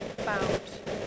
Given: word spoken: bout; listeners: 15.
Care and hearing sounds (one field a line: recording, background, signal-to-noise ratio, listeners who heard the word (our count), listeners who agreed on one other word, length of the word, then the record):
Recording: one English word in noise, from a listening test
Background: noise modulated by three-talker babble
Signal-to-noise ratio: -4.2 dB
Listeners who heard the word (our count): 1 of 15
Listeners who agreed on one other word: 7 of 15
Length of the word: 0.67 s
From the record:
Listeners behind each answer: 7, 4, 1, 1, 1, 1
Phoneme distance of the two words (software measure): 27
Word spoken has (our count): 1 syllable, 3 phonemes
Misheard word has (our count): 1 syllable, 4 phonemes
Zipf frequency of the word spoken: 3.74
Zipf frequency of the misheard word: 5.58